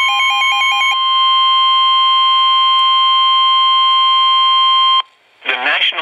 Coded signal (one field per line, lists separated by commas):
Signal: Emergency Alert System (SAME) tones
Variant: 1050 Hz attention tone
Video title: Areal Flood Warning (EAS #243)